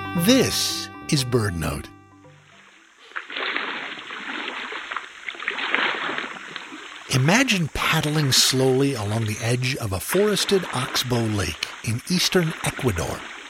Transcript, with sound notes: This is BirdNote! [Sounds of a canoe being paddled] Imagine paddling slowly along the edge of a forested oxbow lake in eastern Ecuador.